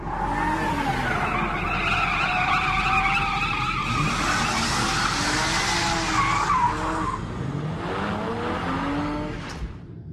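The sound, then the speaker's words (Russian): A car skids hard as the driver jerks the steering wheel sharply to the right on a highway, tires squealing in long, wavering high-pitched tones over a loud, steady engine roar, then the squeal fades into rising engine revving near the end. “Резкий рывок руля вправо, машину занесло, но сцепление с дорогой не было потеряно.”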